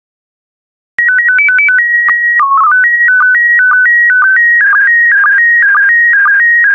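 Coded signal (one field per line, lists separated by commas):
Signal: SSTV (slow-scan television)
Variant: PD 120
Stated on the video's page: SSTV images sent in PD120 mode.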